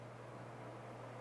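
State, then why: Not seated. A regulator piston for a BRK Ghost, Daystate Delta Wolf or Daystate Alpha Wolf airgun is picked up and lined up at the regulator body before being pushed in. Only a steady low hum and broadband background noise are heard, with no sudden sounds. Nothing has seated or clicked yet.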